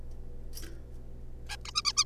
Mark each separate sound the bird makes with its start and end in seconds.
1.49-1.56, 1.65-1.71, 1.75-1.81, 1.85-1.92, 1.97-2.04